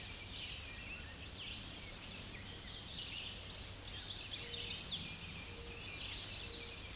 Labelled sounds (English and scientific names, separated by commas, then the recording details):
American Redstart (Setophaga ruticilla) song
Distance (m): 20 m
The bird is about 15 m above the microphone
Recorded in a Pennsylvania forest on 16 May 2024 at 07:39
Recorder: AudioMoth, point MSD-2112
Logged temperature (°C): 16.3 °C
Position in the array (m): 56 m, 233 m